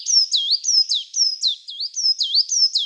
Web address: Parus ater